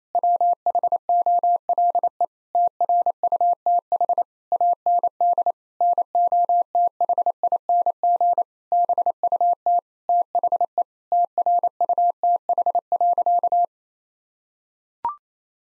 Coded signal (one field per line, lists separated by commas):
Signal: Morse code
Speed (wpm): 27 wpm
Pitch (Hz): 700 Hz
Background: none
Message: WHOLE TRUTH AND NOTHING BUT THE TRUTH.